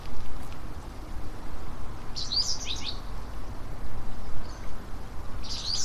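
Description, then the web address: Japanese wagtail song, a quick phrase of high, sharp chirps followed by a second phrase at the end, with steady low rumbling noise throughout. Recorded at Fushimi River on 10 June 2017. "saezuri segurosekirei 20170610 fushimigawa"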